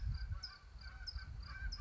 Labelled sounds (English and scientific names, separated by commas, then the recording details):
California Towhee (Melozone crissalis)
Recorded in Sonoma County, California